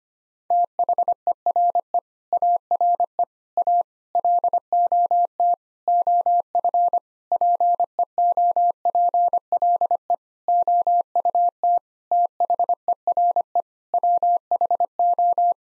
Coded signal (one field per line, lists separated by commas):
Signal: Morse code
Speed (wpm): 25 wpm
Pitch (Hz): 700 Hz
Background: none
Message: THERE ARE A LOT OF PEOPLE OUT THERE WHO